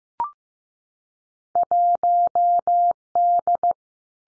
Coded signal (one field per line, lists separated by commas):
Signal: Morse code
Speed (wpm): 15 wpm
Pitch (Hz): 700 Hz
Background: none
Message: 1D